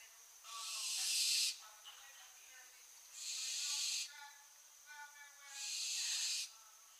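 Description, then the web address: Barn owl hissing, three drawn-out rasping screeches about a second each, with soft ticking notes between them. "Schleiereule - Schleiereule - Tyto alba"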